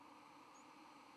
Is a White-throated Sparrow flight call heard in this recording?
no